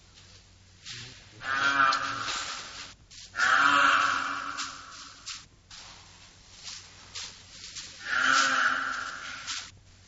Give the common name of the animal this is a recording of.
Indian Rhinoceros